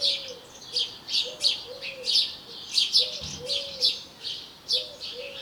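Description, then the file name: House sparrow chirps, short bright notes in quick uneven series throughout, with a soft low cooing tone repeating in the background. "Passer domesticus"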